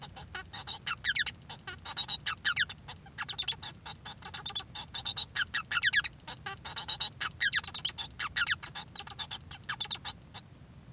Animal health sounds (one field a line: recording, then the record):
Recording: song of a male Bengalese finch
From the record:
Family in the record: son of father 1